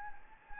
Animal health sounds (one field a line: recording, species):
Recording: mosquito wingbeat signal from an infrared sensor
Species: Anopheles gambiae